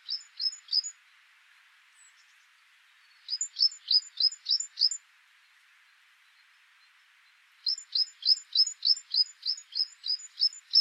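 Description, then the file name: Great tit delivering three runs of rhythmic, repeated high double notes with downward-sweeping lower parts, gaps of a few seconds between runs. "Parus major"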